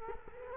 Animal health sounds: mosquito wingbeat signal from an infrared sensor; Culex quinquefasciatus

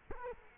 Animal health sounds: mosquito wingbeat signal from an infrared sensor; Culex quinquefasciatus

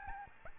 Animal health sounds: mosquito wingbeat signal from an infrared sensor; Aedes albopictus

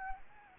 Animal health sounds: mosquito wingbeat signal from an infrared sensor; Anopheles gambiae

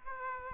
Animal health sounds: mosquito wingbeat signal from an infrared sensor; Aedes aegypti

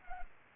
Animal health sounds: mosquito wingbeat signal from an infrared sensor; Culex pipiens

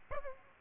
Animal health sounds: mosquito wingbeat signal from an infrared sensor; Aedes aegypti

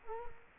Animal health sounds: mosquito wingbeat signal from an infrared sensor; Culex quinquefasciatus

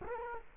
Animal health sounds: mosquito wingbeat signal from an infrared sensor; Culex quinquefasciatus

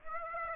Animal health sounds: mosquito wingbeat signal from an infrared sensor; Aedes aegypti

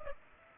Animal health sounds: mosquito wingbeat signal from an infrared sensor; Culex pipiens

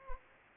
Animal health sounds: mosquito wingbeat signal from an infrared sensor; Anopheles gambiae

